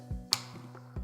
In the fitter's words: just lock that right into place you hear a click